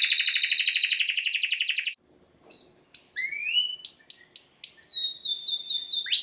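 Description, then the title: Domestic canary song: a loud rapid trill for two seconds, a short silence, then rising whistled sweeps and quick repeated chirps. Belgian canary male singing a lot; used for training to warm up young birds. "Canary Training Esquente Seu Filhote E Canario Belga Macho Cantando Muito"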